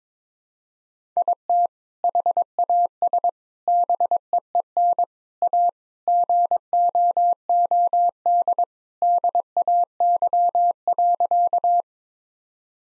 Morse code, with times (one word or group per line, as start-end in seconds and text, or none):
1.2-1.7 IT
2.0-3.3 HAS
3.7-5.0 BEEN
5.4-5.7 A
6.1-8.6 GOOD
9.0-11.8 DAY.